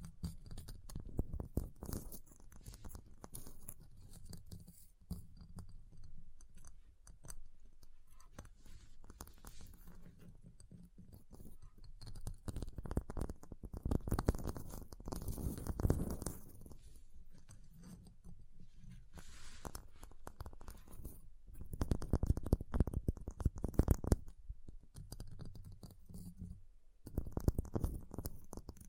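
Ice being tapped, scratched and carved, with a steady run of quick, gritty scrapes and knocks packed close together. The sound is mostly low and rough, with louder bursts of scraping around 15 seconds and again near 22–24 seconds.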